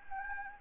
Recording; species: mosquito wingbeat signal from an infrared sensor; Anopheles gambiae